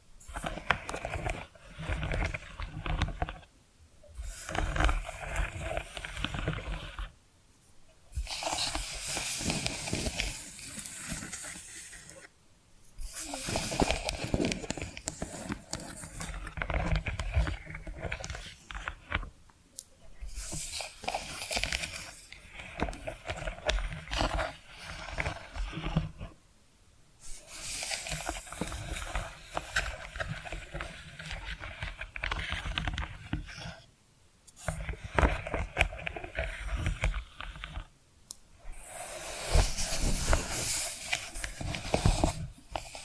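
Tapping and scratching sounds come in dense, crackling bursts lasting several seconds each, separated by short silent pauses roughly every four to seven seconds. The scratching is bright and gritty, with quick irregular taps mixed through it and a soft low rumble underneath.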